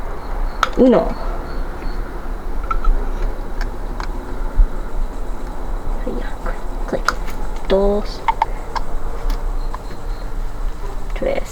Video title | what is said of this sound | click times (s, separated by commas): DAIHATSU MIRA TURBO is FINALLY back! | did not click very well but it's on | 8.4 s